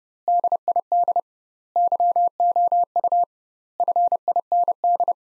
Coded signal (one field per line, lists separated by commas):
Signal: Morse code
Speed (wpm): 32 wpm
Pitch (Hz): 700 Hz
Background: none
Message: DID YOU FIND